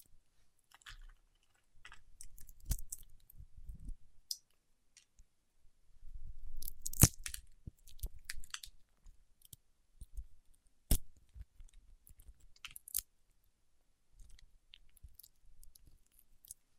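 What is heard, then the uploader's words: Wax-coated fingertips tap, press and peel, giving sparse sticky clicks and soft crackles with silent gaps between. Low rubbing bursts swell around 2–4 and 6–8 seconds, and a few sharp snaps stand out near 4, 7, 11 and 13 seconds. ASMR with Wax Fingertips for Sleep (No Talking).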